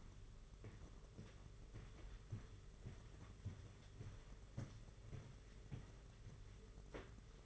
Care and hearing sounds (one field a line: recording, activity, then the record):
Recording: daily activity, microphone in the room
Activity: walk to room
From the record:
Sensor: 4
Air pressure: 992.0 hPa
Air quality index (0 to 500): 84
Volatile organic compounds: 6 ppm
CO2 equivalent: 1905 ppm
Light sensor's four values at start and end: 21/73/27/28 and 21/74/27/29